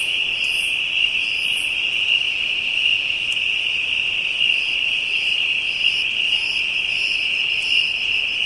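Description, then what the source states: Insects droning continuously in a high, even whine, with scattered brief upper buzzes and faint ticks mixed in. African insects, ambient soundscape.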